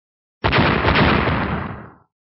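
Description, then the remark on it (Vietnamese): A loud, harsh explosive roar of two strong explosions in quick succession as black fist-shaped energy blasts collide with a golden sword light. It bursts in suddenly, rumbles on with rough crackling texture for over a second, then fades out, with no voices. “Hai tiếng nổ mạnh liên tiếp truyền ra, quyền ảnh màu đen có trọng thủy châu phụ trợ trở nên ngưng trọng vô cùng, sau khi đỡ kiếm quang màu vàng vẫn tạm thời giữ thế bất phân thắng bại.”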